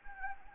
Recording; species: mosquito wingbeat signal from an infrared sensor; Anopheles gambiae